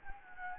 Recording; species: mosquito wingbeat signal from an infrared sensor; Anopheles gambiae